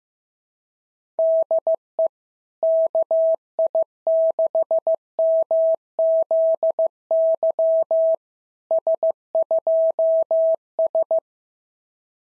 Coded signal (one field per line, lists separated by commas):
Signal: Morse code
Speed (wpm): 16 wpm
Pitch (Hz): 650 Hz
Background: none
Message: DE KI6MZY S2S